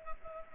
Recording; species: mosquito wingbeat signal from an infrared sensor; Culex pipiens